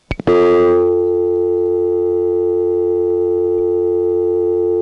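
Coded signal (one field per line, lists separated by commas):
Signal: telephone call progress tone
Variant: North America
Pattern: dial tone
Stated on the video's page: Step-by-step switching office tones in Harrisonburg, Virginia, recorded in August 1976 on a phone trip.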